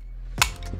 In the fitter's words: now it's straight just pull the lever and you'll hear a pop